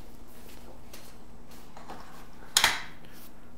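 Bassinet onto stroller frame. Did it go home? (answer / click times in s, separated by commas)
yes / 2.6 s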